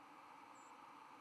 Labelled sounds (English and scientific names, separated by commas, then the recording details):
White-throated Sparrow (Zonotrichia albicollis) flight call
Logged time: 03:58 on 11 November 2014